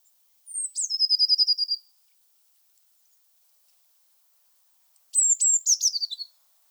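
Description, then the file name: Eurasian blue tit song, two phrases: each a high piercing note dropping into a quick buzzy trill of repeated notes, separated by several seconds of quiet. "Cyanistes caeruleus"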